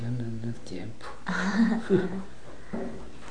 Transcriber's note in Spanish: risas